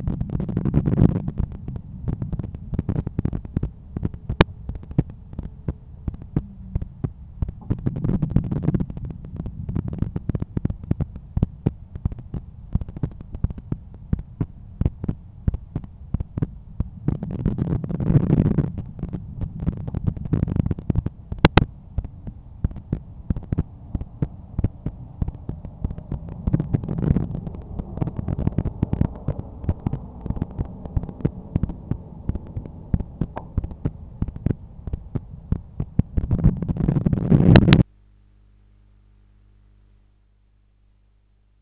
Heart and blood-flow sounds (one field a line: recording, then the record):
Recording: heart sounds by stethoscope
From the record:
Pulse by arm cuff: 93 bpm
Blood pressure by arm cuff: 123/83 mmHg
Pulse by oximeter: 97 bpm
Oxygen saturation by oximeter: 96%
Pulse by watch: 97 bpm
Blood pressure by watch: 126/80 mmHg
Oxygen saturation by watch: 96%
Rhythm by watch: sinus rhythm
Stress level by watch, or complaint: medium stress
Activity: after 5 min smoking and coffee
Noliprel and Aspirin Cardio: no pills today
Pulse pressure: 40 mmHg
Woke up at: 7:30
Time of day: 8:55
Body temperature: 36.7 C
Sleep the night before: 9 h 22 min, score 68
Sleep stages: REM 22%, light 66%, deep 4%, awake 8%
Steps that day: 11800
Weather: sunny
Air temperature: 15.5 C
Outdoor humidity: 94%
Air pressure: 1015 hPa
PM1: 4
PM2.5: 6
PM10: 9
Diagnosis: hypertension, treated with Noliprel and Aspirin Cardio 100 mg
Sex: male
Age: 53 years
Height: 174 cm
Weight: 81 kg